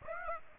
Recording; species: mosquito wingbeat signal from an infrared sensor; Aedes aegypti